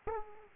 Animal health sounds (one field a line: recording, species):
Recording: mosquito wingbeat signal from an infrared sensor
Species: Aedes aegypti